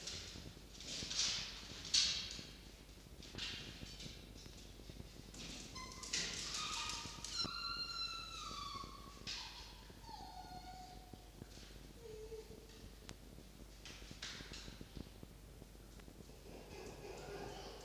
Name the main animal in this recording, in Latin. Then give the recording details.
Vulpes vulpes. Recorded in captivity. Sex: female. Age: adult. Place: Zoologisches Institut der HUB, Berlin, DE. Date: 1952-04-07 18:30. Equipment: Elmetra. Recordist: Tembrock, Günter